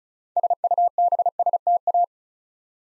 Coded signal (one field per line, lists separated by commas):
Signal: Morse code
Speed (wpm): 36 wpm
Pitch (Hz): 700 Hz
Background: none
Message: SUBSTA